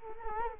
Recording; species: mosquito wingbeat signal from an infrared sensor; Culex quinquefasciatus